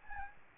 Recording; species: mosquito wingbeat signal from an infrared sensor; Aedes albopictus